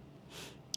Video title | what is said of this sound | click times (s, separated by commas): I've LOST so MUCH WEIGHT on Mounjaro in 47 Weeks | And then I'm going to count to 10 and listen for the second click when I know all the medicine's injected. | 0.7 s